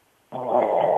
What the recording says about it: We got the dog snoring again. He sleeps right on my stomach. That's why he's snoring.